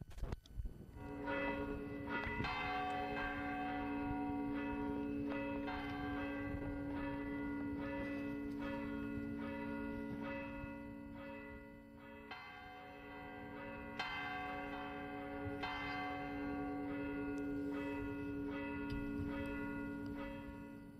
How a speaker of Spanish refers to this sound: Sí suenan las campanas de la iglesia de la Torre de Juan Abad.